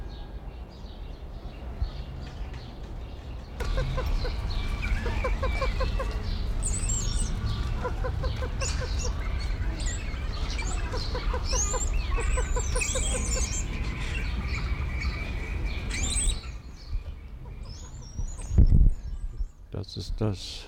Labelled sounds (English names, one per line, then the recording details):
Wattled Starling
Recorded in captivity
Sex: male
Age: adult
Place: Zoo Berlin, Berlin, DE
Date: 1994-04-02 11:45
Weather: wolkig bis heiter, 8-10°C
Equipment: Marantz CP 430, Sennheiser ME 80, Kopie Uher Variocord 263
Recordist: Tembrock, Günter